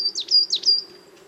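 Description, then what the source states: Coal Tit phrase: two bright, high, swooping notes with thin whistled tails, heard above a faint low hum. Small chorus of coal tits in autumn, forest of Val Drôme at La Sarcena, 26 October 2018, sunny morning, half an hour after daybreak.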